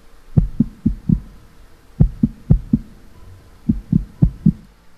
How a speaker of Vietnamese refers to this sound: Nhịp tim đập rất nhanh.